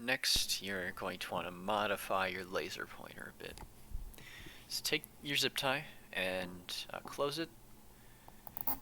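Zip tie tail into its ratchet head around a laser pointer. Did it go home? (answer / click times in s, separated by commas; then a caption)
yes / 8.3 s, 8.5 s, 8.6 s, 8.7 s. A plastic zip tie's tail is pulled into its ratchet head around a laser pointer to modify the pointer, closing it until it is almost snug, while someone talks. Quick ratchet clicks are heard at 8.3, 8.5, 8.6 and 8.7 seconds as the zip tie ratchets closed.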